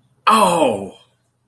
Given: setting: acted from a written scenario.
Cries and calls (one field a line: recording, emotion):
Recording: vocal sound without words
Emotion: elation